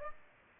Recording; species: mosquito wingbeat signal from an infrared sensor; Aedes aegypti